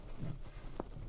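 Plastic water supply tubing is pushed into a push-to-connect fitting on an in-line water filter for an AprilAire whole-house humidifier. Over a low rumbling background, a sharp, short snap is heard at 0.8 s as the hose seats fully in the fitting.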